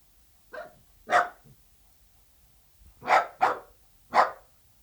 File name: Het blaffen van een teckel - Beeld en Geluid